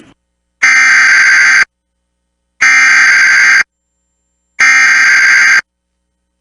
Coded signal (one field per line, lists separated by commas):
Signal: Emergency Alert System (SAME) tones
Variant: header bursts